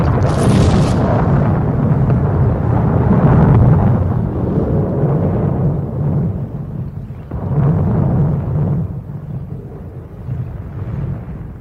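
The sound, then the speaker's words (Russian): A loud thunderclap from a close lightning strike by a river, which set an elm tree ablaze, opens with a sharp, crackling burst, then rolls into a long, deep rumble that swells again twice before slowly fading. No voices. “Близкая молния неожиданно ударила по глазам, ослепила, пронизала электрической судорогой.”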